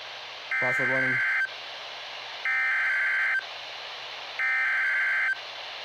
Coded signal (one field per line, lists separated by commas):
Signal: Emergency Alert System (SAME) tones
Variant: header bursts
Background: speech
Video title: Flash Flood Warning (EAS #8)